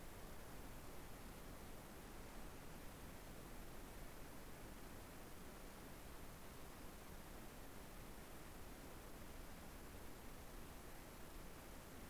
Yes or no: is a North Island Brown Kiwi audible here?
no